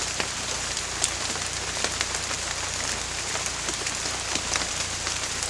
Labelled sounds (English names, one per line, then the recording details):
none
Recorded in pastures near Puerto Asís, Putumayo, Colombia, on 18 December 2024 at 23:30
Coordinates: 0.472, -76.331
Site GP02